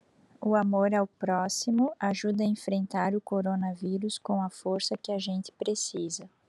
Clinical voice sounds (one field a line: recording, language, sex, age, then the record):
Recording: spoken sentence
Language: Brazilian Portuguese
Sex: female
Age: 30 to 39 years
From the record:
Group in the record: control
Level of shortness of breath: 0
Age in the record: 37 years